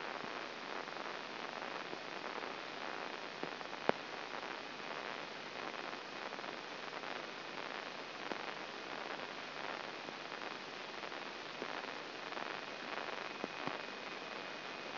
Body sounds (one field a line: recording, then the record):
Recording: brain microelectrode recording played as sound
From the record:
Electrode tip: inside the subthalamic nucleus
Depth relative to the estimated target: 0 mm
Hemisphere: left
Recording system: AlphaMap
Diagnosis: Parkinson's disease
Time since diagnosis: 12 years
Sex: female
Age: 47 years